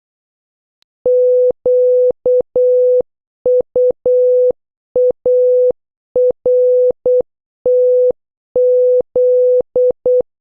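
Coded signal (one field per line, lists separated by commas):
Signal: Morse code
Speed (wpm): 8 wpm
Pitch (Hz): 500 Hz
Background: none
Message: QUARTZ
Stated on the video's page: Morse practice words from letters O to Z, starting slow and gradually increasing speed.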